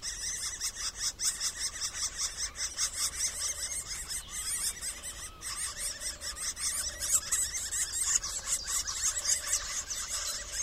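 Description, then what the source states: Middle spotted woodpecker calls: harsh, squealing notes repeated rapidly, roughly two or three a second, over a steady high hiss. Daytime.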